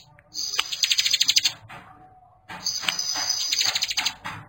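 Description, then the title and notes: Bar-winged prinia song: two short bursts of rapid, high-pitched pulsing notes separated by a quiet pause. Compilation of bar-winged prinias (ciblek) in active, vigorous song, including young birds. "Kicau Ciblek new - putri sherin. kumpulan suara burung ciblek gacor dan anakan"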